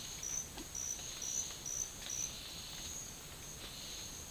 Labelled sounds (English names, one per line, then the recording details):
none
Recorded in dense forest near Puerto Asís, Putumayo, Colombia, on 12 March 2025 at 11:30
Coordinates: 0.500, -76.322
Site GP06